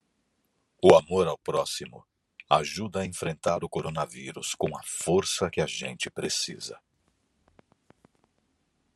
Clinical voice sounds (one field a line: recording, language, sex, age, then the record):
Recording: spoken sentence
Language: Brazilian Portuguese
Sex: male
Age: 40 to 49 years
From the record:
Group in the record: control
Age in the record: 49 years